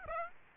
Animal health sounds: mosquito wingbeat signal from an infrared sensor; Aedes aegypti

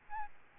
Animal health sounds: mosquito wingbeat signal from an infrared sensor; Aedes albopictus

